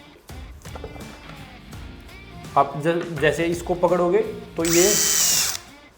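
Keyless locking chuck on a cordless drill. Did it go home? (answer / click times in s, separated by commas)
yes / 5.6 s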